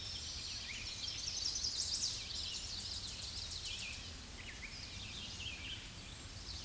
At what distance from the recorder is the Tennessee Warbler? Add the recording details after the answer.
about 30 m. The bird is about 5 m above the microphone. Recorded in a Pennsylvania forest on 16 May 2024 at 07:13. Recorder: AudioMoth, point MSD-0665. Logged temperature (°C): 16.1 °C. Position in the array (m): 83 m, 63 m